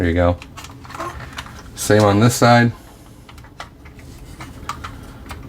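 Someone talks while handling the extendable wing part on the second side of a plastic Ramen Toy Red Gullwing M.A.S.K. Thunderhawk transforming toy car, with small sharp handling ticks and taps in the background. The wing is being worked toward full extension, but nothing has clicked or seated yet.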